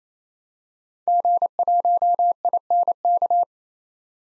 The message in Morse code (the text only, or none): G1INK